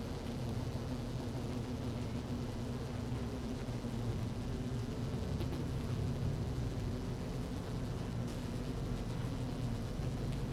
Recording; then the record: honeybee colony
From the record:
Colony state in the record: active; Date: 12 June 2018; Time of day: 17:15